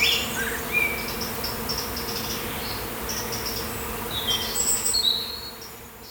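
Bees humming in a constant drone.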